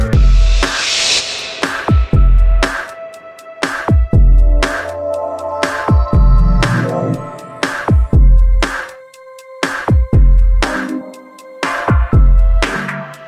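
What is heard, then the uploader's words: Synthesizer sounds: sharp percussive hits roughly every half second to a second over sustained tonal drones and a hissy swell at the start. A piece to show some of the sounds that can be created from a selection of Synthesizers.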